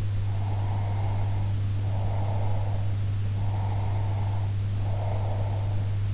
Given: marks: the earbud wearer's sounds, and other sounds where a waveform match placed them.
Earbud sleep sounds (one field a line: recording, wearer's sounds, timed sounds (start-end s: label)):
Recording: sounds in sleep by an in-ear microphone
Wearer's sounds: breath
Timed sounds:
0.38-2.93 s: breath
3.41-5.93 s: breath